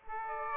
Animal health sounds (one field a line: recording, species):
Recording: mosquito wingbeat signal from an infrared sensor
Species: Aedes aegypti